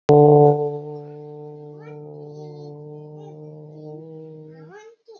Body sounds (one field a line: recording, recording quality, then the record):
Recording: sustained vowel as in boot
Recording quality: moderate, slight background noise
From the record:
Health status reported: healthy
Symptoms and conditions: muscle pain, diabetes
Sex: male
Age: 36 years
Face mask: not worn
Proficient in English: yes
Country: India